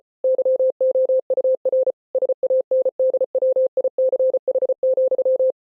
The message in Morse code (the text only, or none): YOUR SANDWICH,